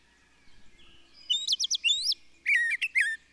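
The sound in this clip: Birdsong with quick rising whistled notes, then a burst of sharp chirps, over a faint low background hum.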